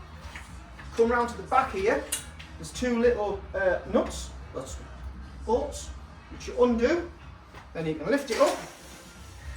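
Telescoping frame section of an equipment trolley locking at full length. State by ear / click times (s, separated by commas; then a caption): not seated / none. Someone talks while handling the telescoping frame of an Equinox Kit Kart equipment trolley, after two bolts at the back are undone, and begins to lift it up to extend it, with a brief light handling knock near the start. Nothing has seated or clicked yet; the frame has not locked into place at full length.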